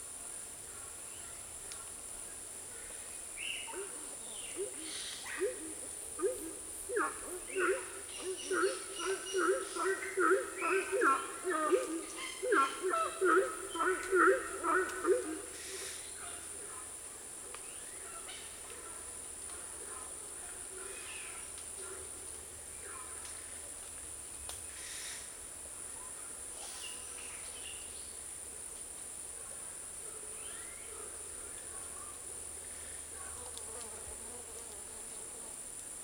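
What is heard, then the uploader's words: A morning rainforest atmosphere with a steady, high insect whine running throughout. From about 3 to 15 seconds a burst of bird calls rises in quick, chattering phrases, then fades, leaving the insect drone, scattered chirps and a faint low rumble. British Library - Rainforest Atmosphere Morning (Recorded by Richard Ranft).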